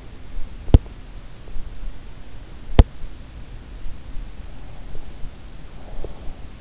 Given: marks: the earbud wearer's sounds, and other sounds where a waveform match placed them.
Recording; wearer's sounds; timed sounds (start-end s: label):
sounds in sleep by an in-ear microphone; teeth grinding
0.65-1.00 s: teeth grinding
2.65-2.99 s: teeth grinding